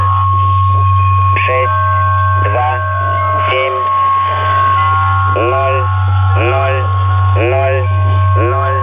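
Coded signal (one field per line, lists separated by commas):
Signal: numbers station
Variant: S06, Russian male voice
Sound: male voice reading short evenly spaced words over loud hum and a steady whine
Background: radio static, hum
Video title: 21 06 2019 S06 Russian Man Numbers station in Russian to Eu 2100 on 7314 unknown tx site USB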